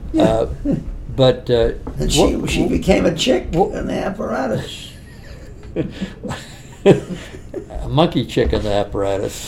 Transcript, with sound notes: But what, wh—
And she, she became a chick on the apparatus.
Wh-. [laughs] A monkey chick on the apparatus.